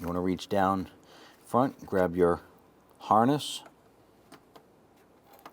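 Someone talks while reaching down in front to grab the A/C condenser cooling fan harness connector on a 2008-2012 Honda Accord, handling it before mating it into the vehicle wiring connector. After the talking, a few faint, short ticks and handling sounds occur near 4.3, 4.6, 5.4 and 5.5 seconds. The connector has not been seated or clicked yet.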